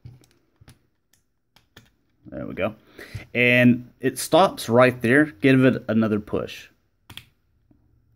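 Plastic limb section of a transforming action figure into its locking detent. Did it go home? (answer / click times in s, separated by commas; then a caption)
yes / 7.1 s. A plastic limb section of a Transformers Masterpiece MP-25 Tracks action figure is pushed further during transformation. A few faint taps come first, then someone talks, and a short sharp click at 7.1 s marks the section seating into its locking detent.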